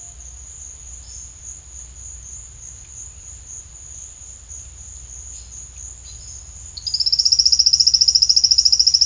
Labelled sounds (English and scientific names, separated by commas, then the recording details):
none
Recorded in secondary vegetation near Puerto Asís, Putumayo, Colombia, on 9 March 2025 at 15:30
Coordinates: 0.498, -76.327
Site G001